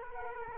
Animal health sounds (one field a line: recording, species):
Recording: mosquito wingbeat signal from an infrared sensor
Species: Culex quinquefasciatus